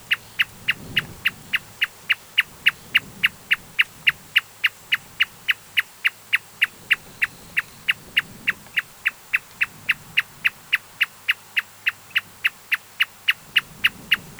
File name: Marsh tapaculo